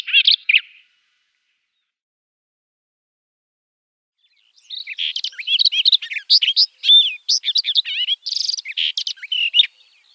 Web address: Schulze Peter Barred Warbler song